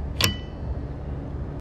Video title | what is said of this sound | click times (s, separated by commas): How to Replace Wiper Blades on a 2011 Honda Accord (8th Gen) | and Slide the new one on until it clicks | 0.2 s